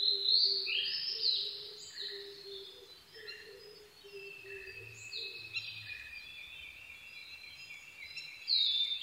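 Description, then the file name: Blue-and-white flycatcher giving sharp high whistles over steady, repeated lower notes. Recorded 22 May 2011 at 04:34. "ooruri-20110522-0434"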